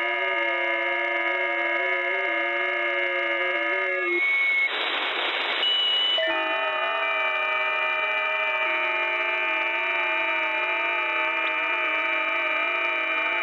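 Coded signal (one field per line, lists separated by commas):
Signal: FT8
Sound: several faint steady warbling tones, a short hiss-only pause, then tones resume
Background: radio static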